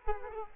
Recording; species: mosquito wingbeat signal from an infrared sensor; Culex quinquefasciatus